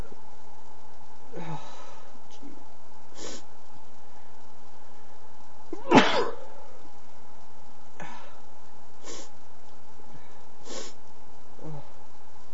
Male sneeze.